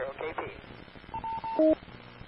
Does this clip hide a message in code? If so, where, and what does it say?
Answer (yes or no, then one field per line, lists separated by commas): no